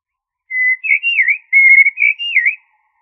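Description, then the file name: Blackbird song, two near-identical fluted phrases back to back, each a steady whistle followed by wavering, looping notes; nothing else heard. "suara masteran blackbird"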